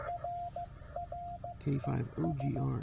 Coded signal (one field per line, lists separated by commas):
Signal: Morse code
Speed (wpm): 15 wpm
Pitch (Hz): 700 Hz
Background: speech, radio noise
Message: RRES